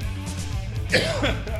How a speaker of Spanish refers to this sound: Porque empiezo a toser. No puedo reírme. Perdonen. Aquí saliendo de un COVID